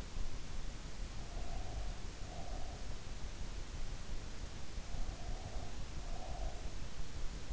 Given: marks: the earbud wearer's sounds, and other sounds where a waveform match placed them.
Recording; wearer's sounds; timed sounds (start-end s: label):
sounds in sleep by an in-ear microphone; breath
1.42-2.91 s: breath
4.72-6.92 s: breath